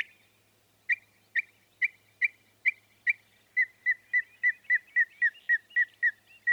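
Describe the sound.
Northern mockingbird singing a series of sharp notes that shifts into a quicker, steady run of slurred, down-sweeping whistles.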